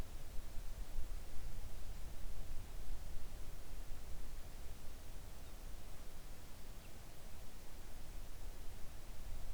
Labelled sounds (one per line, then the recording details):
near silence
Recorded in the Arctic National Wildlife Refuge, Alaska, on 3 August 2019 at 05:34
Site 41